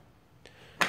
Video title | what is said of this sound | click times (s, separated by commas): P.I.A.T: Projector Infantry Anti-Tank | you lock it back into position. | 0.8 s